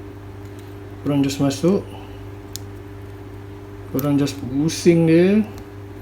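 A printed vibration damper part is being handled at the foot slot in the base of an Ender 3 3D printer, to be inserted and twisted until it locks with a click. Someone talks over a steady low hum, with a brief sharp tick near 2.6 s. The part has not seated or clicked yet.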